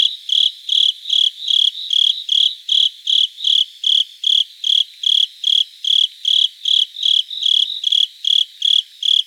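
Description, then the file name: Japanese burrowing cricket song of regular clear chirps, each short and tonal, repeated about two and a half times per second throughout. Recorded 26 September 2018. "Velarifictorus micado"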